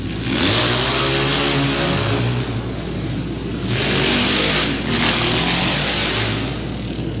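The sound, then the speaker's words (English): A vintage 1955 Harley-Davidson KR flathead flat tracker engine, with no brakes or rear suspension, ridden by Bill Watson of Jones, Oklahoma in a Vintage Twins race, revs loudly, its deep throbbing rumble holding steady before surging twice in quick bursts of throttle, with no voices present. “4W, Bill Watson out of Jones, Oklahoma, rides that 1955 KR Harley-Davidson flathead flat tracker.”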